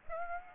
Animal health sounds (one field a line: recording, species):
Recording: mosquito wingbeat signal from an infrared sensor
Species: Aedes aegypti